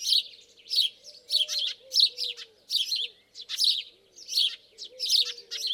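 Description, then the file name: House sparrow: loud, rasping chirps in an uneven series, with faint low curving tones in the background. "Passer domesticus"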